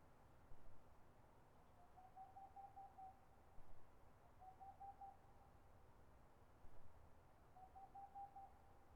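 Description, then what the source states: Boreal owl giving three short trains of fast, level hoots over faint steady low noise. Recorded 22 March 2013.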